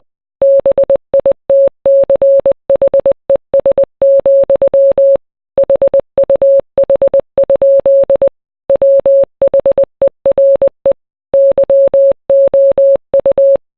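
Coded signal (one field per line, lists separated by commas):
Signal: Morse code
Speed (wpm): 20 wpm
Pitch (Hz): 550 Hz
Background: none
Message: BITCHES, HUH? WHERE YOU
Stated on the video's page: Kanye West's song Power rendered as Morse code.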